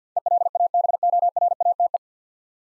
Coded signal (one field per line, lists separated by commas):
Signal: Morse code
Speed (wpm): 50 wpm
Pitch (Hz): 700 Hz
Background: none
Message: ELABORATE